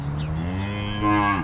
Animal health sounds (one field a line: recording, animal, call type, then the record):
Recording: contact call of a hoofed animal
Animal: cattle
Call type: low-frequency (closed-mouth) or high-frequency (open-mouth) call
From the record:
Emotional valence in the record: negative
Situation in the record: full separation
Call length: 1.43 s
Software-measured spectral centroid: 1520 Hz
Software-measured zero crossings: 1280 a second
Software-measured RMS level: -24 dBFS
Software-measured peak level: -8 dBFS